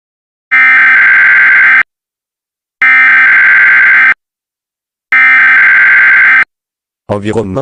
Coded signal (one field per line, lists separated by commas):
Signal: Emergency Alert System (SAME) tones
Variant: header bursts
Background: speech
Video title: WXR & WRC Fanmade EAS alerts | Season 1 Episode 1 | Toronto Freezes!